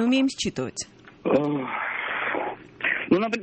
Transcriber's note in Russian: вздыхает